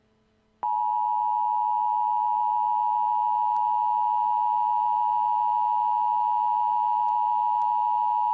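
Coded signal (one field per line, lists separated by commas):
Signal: Emergency Alert System (SAME) tones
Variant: 853 and 960 Hz attention tone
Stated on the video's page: Mock EAS alert, a simulated scenario, not a real activation.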